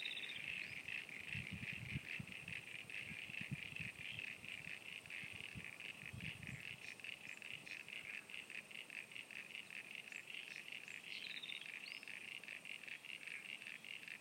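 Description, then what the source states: Frogs calling in a dense chorus, a steady pulsing trill of high notes running throughout, with a few low thumps in the first half. At Sunny Corner.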